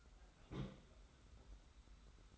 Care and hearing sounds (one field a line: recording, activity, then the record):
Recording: daily activity, microphone in the room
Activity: place on stove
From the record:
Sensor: 3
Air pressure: 991.1 hPa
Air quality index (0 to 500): 102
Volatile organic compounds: 35 ppm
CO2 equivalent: 3062 ppm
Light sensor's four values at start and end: 45/124/51/44 and 45/124/51/44